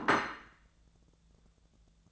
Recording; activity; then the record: daily activity, microphone in the room; place plate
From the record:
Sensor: 3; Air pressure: 1000.2 hPa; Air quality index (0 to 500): 139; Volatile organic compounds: 2 ppm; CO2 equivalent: 1234 ppm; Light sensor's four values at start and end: 29/73/31/34 and 29/73/31/34